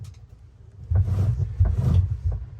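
A steering cable is being fed into the steering helm of a 1996 JC pontoon boat as the wheel is turned to port, drawing the cable into the helm. Low rumbling mechanical handling noise swells and fades, with brief soft ticks near 0.1, 1.0 and 2.3 seconds. Nothing has seated or clicked yet.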